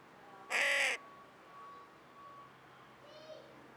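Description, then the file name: Carrion crow giving a single harsh caw with rich harmonics, followed by faint tonal sounds. "Corvus corone"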